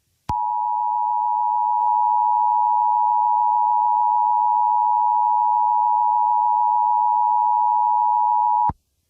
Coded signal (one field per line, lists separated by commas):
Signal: Emergency Alert System (SAME) tones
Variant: 853 and 960 Hz attention tone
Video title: EAS Scenario #5: Worst Day Ever